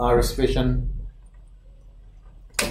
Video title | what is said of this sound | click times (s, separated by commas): Low Vision Wearable distance magnifiers IrisVision | Snaps into place, and then we have the phone | 2.6 s